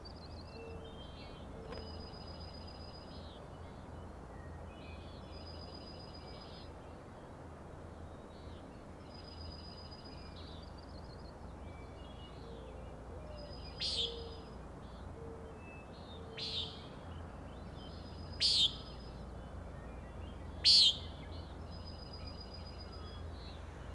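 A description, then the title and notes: Common Nighthawks give sharp buzzy calls around 14, 16, 18 and 21 seconds over steady high chirping insects and a low constant rumble. Temperature 46 degrees partly cloudy skies Fostex FR2 Sennheister ME 62 omni mic. Common Nighthawks, Schoodic Head.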